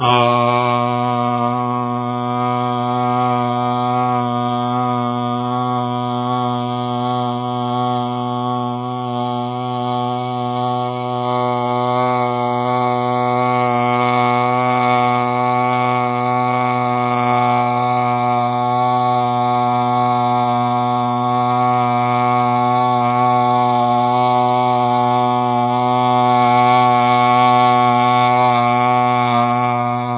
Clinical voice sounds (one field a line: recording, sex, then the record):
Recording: sustained vowel /a/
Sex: male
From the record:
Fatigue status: fatigue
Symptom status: asymptomatic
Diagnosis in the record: COVID-19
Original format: 3gp